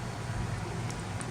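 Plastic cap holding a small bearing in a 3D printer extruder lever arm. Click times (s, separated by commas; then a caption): 1.2 s. A printed plastic cap with a deep end is pushed onto a small bearing in a 3D printer extruder lever arm. It snaps into place at 1.2 s to hold the bearing, a short, sharp click over a steady low hum while someone talks.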